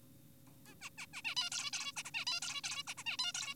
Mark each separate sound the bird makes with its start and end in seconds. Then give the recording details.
0.66-0.74, 0.82-0.90, 0.98-1.06, 1.14-1.22, 1.25-1.35, 1.37-1.50, 1.52-1.71, 1.73-1.92, 1.97-2.03, 2.05-2.11, 2.14-2.25, 2.27-2.40, 2.42-2.61, 2.64-2.83, 2.87-2.94, 2.98-3.04, 3.06-3.17, 3.19-3.32, 3.35-3.55. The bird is an adult. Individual g4p5U